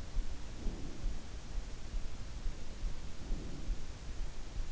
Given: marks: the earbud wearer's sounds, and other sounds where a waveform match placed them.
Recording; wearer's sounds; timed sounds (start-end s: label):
sounds in sleep by an in-ear microphone; breath
0.38-1.24 s: breath
3.05-3.69 s: breath